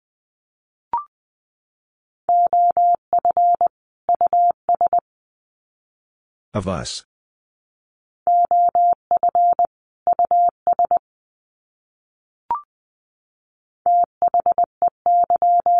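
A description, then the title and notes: Words sent in Morse code as a steady mid-pitched tone, keyed in quick dots and dashes in three bursts of about three seconds each. A short higher beep comes before the first and third groups, and a brief crackling burst of noise falls between the first two. Sets of 2 Words 20wpm. First, the words are sent in Morse code. Finally, it is sent again in Morse code.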